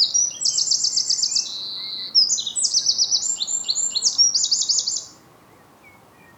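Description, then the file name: Eurasian wren song: a loud, rapid outpouring of high trills and sharp notes in two long bursts, ending abruptly. "Troglodytes troglodytes"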